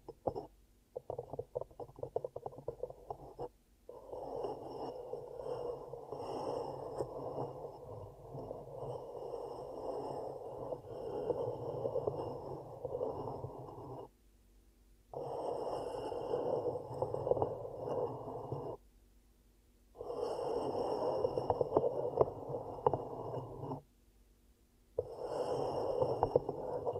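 Ear cupping in bursts of muffled, rushing hollow sound, mostly low and mid, with sudden stops and silences near 4, 14, 19 and 24 seconds. The first few seconds are choppy and stuttering, then longer steady stretches of about four to ten seconds follow, with faint high hissing above.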